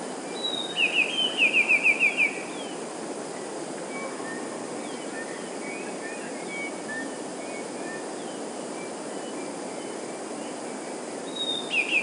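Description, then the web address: Eurasian blue tit song phrase of a high note and a quick trill, over a steady rushing background noise, with a second phrase starting at the very end. "wroblowe teka 2 spiew. wroblowe teka modraszkoteka"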